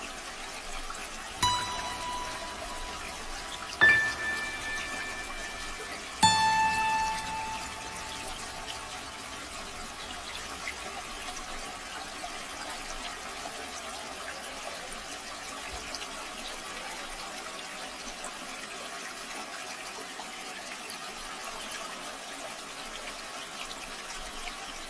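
Running water flows gently and steadily throughout, a soft, even hiss with no breaks. Near the start, three bright ringing tones sound at about 1.5, 4 and 6 seconds, like chimes or struck metal, each fading over a few seconds before only the water remains.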